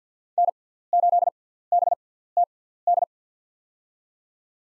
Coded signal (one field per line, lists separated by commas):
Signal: Morse code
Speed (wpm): 50 wpm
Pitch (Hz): 700 Hz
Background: none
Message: N8BTD